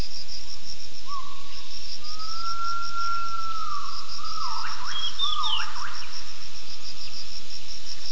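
Gibbon calls: a long, steady whistled note, then a few quick swooping notes rising sharply, over a constant pulsing insect chorus and steady hiss.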